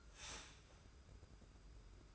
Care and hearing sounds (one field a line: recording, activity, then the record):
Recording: daily activity, microphone in the room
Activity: start toaster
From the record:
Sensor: 2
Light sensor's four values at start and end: 32/98/38/36 and 32/98/38/36